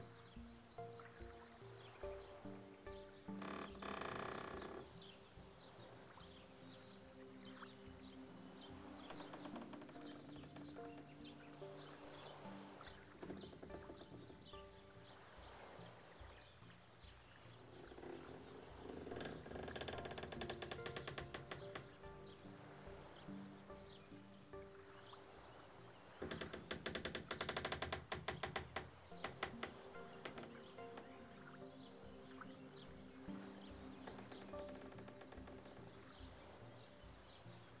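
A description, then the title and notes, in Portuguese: At the edge of a Canadian lake, a dense, continuous layer of pitched animal calls sits over a low, steady rumble. The sound swells into fuller, louder bursts around 4 seconds, near 20 seconds, and most strongly from about 26 to 29 seconds. Na beira de um lago canadense.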